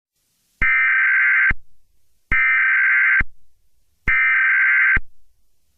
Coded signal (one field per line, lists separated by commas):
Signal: Emergency Alert System (SAME) tones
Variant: header bursts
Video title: Nuclear Attack 2 (EAS Scenario)